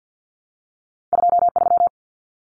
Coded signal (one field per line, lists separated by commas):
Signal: Morse code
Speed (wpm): 50 wpm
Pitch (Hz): 700 Hz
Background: none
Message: 23